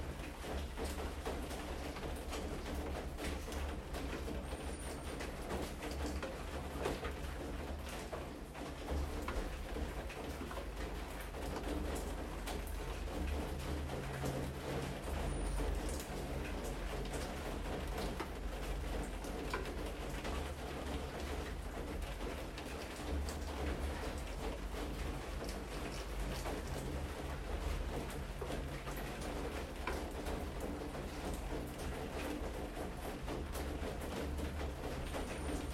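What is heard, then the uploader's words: Steady rain patters densely and evenly for the whole stretch, a fine crackle of drops over a constant wash. Beneath it runs a low, continuous hum from the water heater, rumbling at the bottom without change. A faint high chirp surfaces briefly. The rain with water heater.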